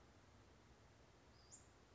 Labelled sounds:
Western Flycatcher
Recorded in Sonoma County, California

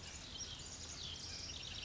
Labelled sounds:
Pacific Wren
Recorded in Sonoma County, California

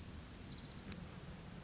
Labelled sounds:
Orange-crowned Warbler
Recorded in Sonoma County, California

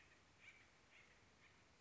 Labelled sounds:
Acorn Woodpecker
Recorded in Sonoma County, California

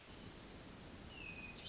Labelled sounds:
Hermit Thrush
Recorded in Sonoma County, California

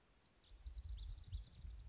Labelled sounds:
Lazuli Bunting
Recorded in Sonoma County, California

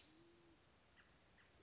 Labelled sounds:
Band-tailed Pigeon
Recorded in Sonoma County, California

